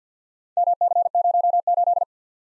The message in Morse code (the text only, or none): MC08